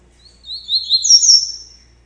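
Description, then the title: Double-collared seedeater song, one quick phrase of high descending slurred notes ending in a shimmering trill that tapers away. "Canto Coleiro"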